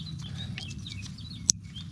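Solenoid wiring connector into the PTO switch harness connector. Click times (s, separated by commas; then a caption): 1.5 s. A freshly soldered plastic wiring connector from a tractor's PTO solenoid is pushed back into the mating connector coming from the PTO switch, with birds chirping outdoors in the background. A sharp click at 1.5 s shows the connector seating in place.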